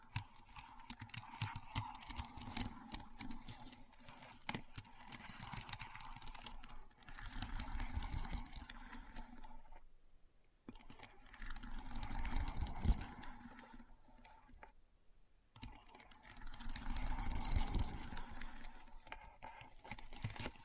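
Keyboard sounds: dense bursts of clicky key taps come in swelling runs, broken by two short silences near ten and fifteen seconds.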